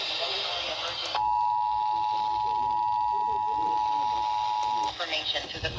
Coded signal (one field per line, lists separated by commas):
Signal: Emergency Alert System (SAME) tones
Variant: 853 and 960 Hz attention tone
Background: speech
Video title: Spooky Late Night Tests | EAS Tests From 10/5/2021 (EAS #967-976)